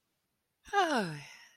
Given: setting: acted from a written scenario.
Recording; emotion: vocal sound without words; romantic love